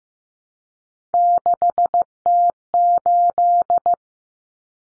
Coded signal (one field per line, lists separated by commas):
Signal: Morse code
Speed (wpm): 15 wpm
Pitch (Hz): 700 Hz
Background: none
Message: 6T8